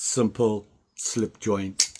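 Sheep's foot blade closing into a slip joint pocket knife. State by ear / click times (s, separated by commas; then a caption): not seated / none. A sheep's foot blade on a slip joint pocket knife is being handled and closed against its heavy spring, while someone talks throughout the clip. Nothing has seated or clicked yet; the clip ends just before the blade goes home.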